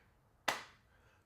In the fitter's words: pretty solid click onto there the fit on this case is pretty good